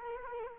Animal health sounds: mosquito wingbeat signal from an infrared sensor; Culex quinquefasciatus

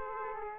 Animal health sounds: mosquito wingbeat signal from an infrared sensor; Aedes aegypti

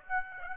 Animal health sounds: mosquito wingbeat signal from an infrared sensor; Aedes aegypti

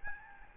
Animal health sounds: mosquito wingbeat signal from an infrared sensor; Aedes albopictus

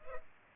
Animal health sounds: mosquito wingbeat signal from an infrared sensor; Culex pipiens

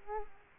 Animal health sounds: mosquito wingbeat signal from an infrared sensor; Culex quinquefasciatus

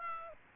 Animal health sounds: mosquito wingbeat signal from an infrared sensor; Aedes aegypti

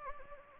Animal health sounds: mosquito wingbeat signal from an infrared sensor; Anopheles gambiae

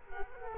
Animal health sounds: mosquito wingbeat signal from an infrared sensor; Culex quinquefasciatus

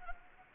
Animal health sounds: mosquito wingbeat signal from an infrared sensor; Anopheles gambiae

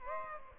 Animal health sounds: mosquito wingbeat signal from an infrared sensor; Aedes albopictus

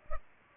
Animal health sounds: mosquito wingbeat signal from an infrared sensor; Culex pipiens

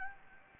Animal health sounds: mosquito wingbeat signal from an infrared sensor; Anopheles gambiae

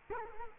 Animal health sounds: mosquito wingbeat signal from an infrared sensor; Culex quinquefasciatus

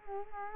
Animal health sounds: mosquito wingbeat signal from an infrared sensor; Culex quinquefasciatus

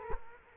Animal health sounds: mosquito wingbeat signal from an infrared sensor; Culex quinquefasciatus

